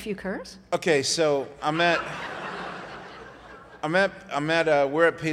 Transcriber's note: laughter